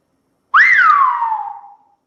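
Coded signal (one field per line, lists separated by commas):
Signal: whistled language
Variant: Silbo Gomero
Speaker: eso no tiene traducción no he recibido o te escucho es como te escucho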